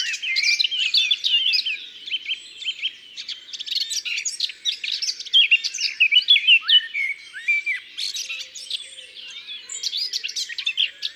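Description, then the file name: Eurasian blackcap song, a rapid, dense warble of scratchy and whistled notes, continuous throughout. Recorded in Ardèche. "Fauvette-A-Tete-Noire-Concerts-Naturels-De-l Ardeche"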